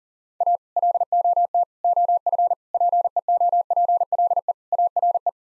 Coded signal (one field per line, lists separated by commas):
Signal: Morse code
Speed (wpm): 40 wpm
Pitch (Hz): 700 Hz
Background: none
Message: A LOT OF PEOPLE ARE